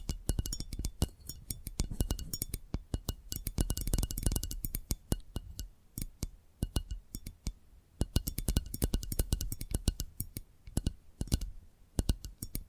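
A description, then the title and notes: Rapid tapping runs throughout, a dense stream of sharp, bright clicks with a light clinking, glassy edge. The taps come in quick bursts of uneven rhythm, thinning briefly around six and eight seconds before picking up again, with a faint low rumble underneath. ASMR 10 Addictive Tapping Triggers. (No Talking).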